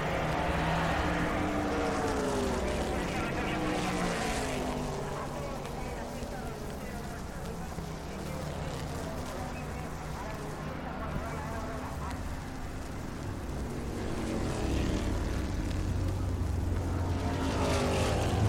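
Street traffic rumbles steadily with a low engine drone, a vehicle surging louder near the start and again toward the end.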